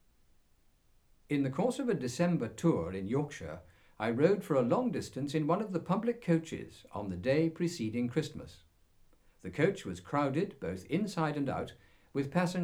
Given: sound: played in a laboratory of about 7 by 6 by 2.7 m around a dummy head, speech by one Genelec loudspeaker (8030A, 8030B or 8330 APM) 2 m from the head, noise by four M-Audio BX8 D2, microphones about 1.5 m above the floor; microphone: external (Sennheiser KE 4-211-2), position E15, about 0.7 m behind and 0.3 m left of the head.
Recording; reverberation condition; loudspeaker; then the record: male speech in English; low; 150 degrees to the left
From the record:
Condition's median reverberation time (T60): about 310 ms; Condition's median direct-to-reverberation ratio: about 3.5 dB